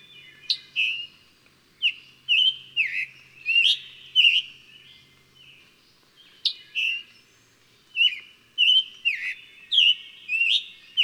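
Bird song of quick whistled notes with sharp falling sweeps, in two fast runs separated by a short pause.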